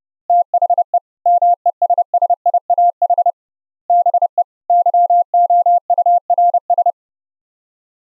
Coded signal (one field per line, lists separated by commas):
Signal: Morse code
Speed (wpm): 30 wpm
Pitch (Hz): 700 Hz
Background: none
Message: THE MESSIAH BE YOURS